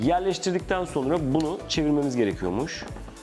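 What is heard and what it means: Someone talks while handling a plastic toner refill kit at the fill port of a printer's toner tank, where it is meant to seat and then be turned until it clicks into place. Speech fills the clip with music underneath, and no distinct click is heard. The clip ends before the kit goes home, so nothing has seated or clicked yet.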